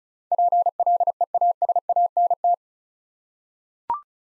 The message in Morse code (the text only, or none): PLEASANT